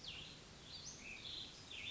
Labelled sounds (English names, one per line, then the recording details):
Cassin's Vireo
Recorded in Sonoma County, California